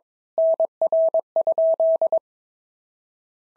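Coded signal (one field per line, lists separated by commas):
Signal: Morse code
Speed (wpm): 22 wpm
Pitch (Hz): 650 Hz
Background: none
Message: NR?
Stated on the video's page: Simulated Worked All Europe DX Contest QTC exchange practice at 22 wpm, with random repeat requests, each exchange sent twice in Morse.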